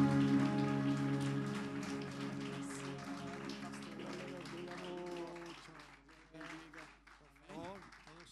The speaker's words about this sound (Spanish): Aleluya. Con ese fuerte aplauso de alabanza recibimos en este lugar a nuestro obispo